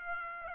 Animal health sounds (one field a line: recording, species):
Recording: mosquito wingbeat signal from an infrared sensor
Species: Aedes aegypti